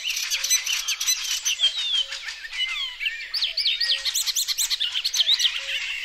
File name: icterinewarbler